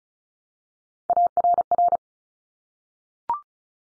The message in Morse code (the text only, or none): ARR